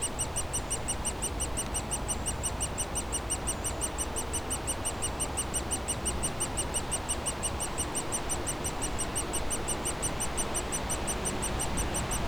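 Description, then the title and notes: Woodpecker chicks keep up fast high-pitched chirps while a low rumbling noise continues beneath. Nestlings in a cavity at the foot of a dead tree trunk, squawking continuously as planes fly overhead; Bois Saint-Martin near Lognes aerodrome, Noisy-le-Grand, France; recorded with a DR-40X. "Bois Saint-Martin RH9V+J6 Noisy-le-Grand, France - Oisillons et gros "volatiles" bruyants. Au pied d'un tronc d'arbre mort, les oisillons d'un pic dans leur cavité piaillent continuellement alors que des avions survolent la zone"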